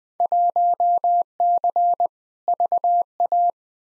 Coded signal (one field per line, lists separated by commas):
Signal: Morse code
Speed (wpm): 20 wpm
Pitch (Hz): 700 Hz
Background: none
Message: 1C VA